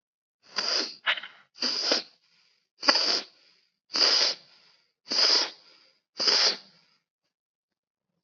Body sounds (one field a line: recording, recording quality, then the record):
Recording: shallow breathing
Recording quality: excellent, no background noise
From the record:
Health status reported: COVID-19 positive, mild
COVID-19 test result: positive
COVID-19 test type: rapid antigen test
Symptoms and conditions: cough, sore throat, fever, fatigue, muscle pain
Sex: male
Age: 30 years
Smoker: yes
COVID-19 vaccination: both doses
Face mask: worn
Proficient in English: yes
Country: India